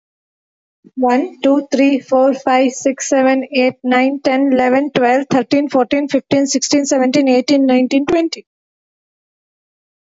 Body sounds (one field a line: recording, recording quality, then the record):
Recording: counting at a fast pace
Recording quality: poor, much background noise or distortion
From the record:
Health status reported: healthy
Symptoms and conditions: none ticked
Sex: female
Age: 40 years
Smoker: not ticked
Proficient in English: no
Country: India